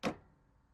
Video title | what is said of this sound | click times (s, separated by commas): Comparing The Different Controls on Residential Zero-Turn Mower Models | pretty noticeable audible click on it | 0.1 s